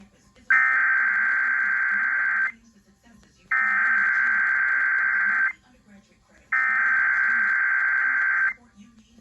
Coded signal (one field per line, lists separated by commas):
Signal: Emergency Alert System (SAME) tones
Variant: header bursts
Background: speech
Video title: Child Abduction Emergency on KFWR-FM, KTFW-FM (EAS #630-631) (4/27/24)